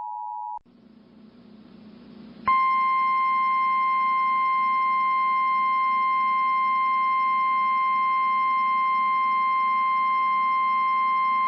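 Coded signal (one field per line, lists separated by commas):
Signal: Emergency Alert System (SAME) tones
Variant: 853 and 960 Hz attention tone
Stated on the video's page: Real EAS required monthly tests recorded off air from TV stations, some sent with a Sage Digital ENDEC encoder.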